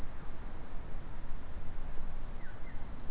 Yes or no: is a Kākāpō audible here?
no